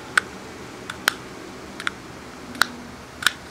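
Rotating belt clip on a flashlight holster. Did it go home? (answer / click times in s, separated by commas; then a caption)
yes / 0.2 s, 1.1 s, 1.9 s, 2.6 s, 3.3 s. The adjustable plastic belt clip and holster combo for a Powertac Warrior tactical flashlight is rotated through its full 360-degree range, its ratchet detent giving a series of sharp clicks over a low steady background. Each click locks the clip into place, at 0.2, 1.1, 1.9, 2.6 and 3.3 seconds, with a fainter tick at 0.9 seconds.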